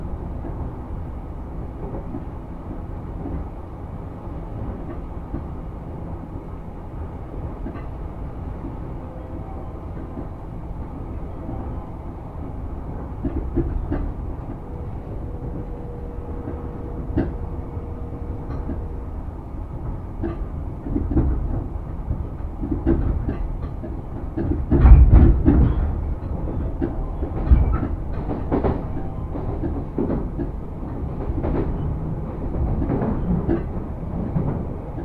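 A train ride on the Sotetsu through line: a steady, low rumble runs throughout. A faint thin whine appears around 15 to 19 seconds, and sharper clacks and thumps gather from about 21 seconds, with the loudest knock near 25 seconds.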